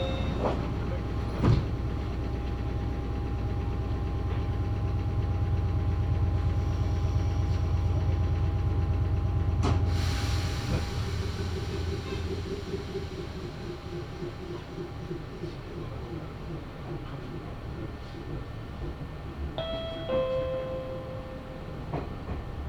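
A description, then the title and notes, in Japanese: A ride aboard a Meitetsu Mikawa Line train travelling from Hekinan toward Chiryu. A steady low rumble runs underneath, heaviest in the first ten seconds, with a couple of sharp knocks near the start and around ten seconds. A rising motor whine enters midway, and short tones chime near twenty seconds. 名古屋鉄道 三河線（海線）碧南→知立。通学ラッシュになってました。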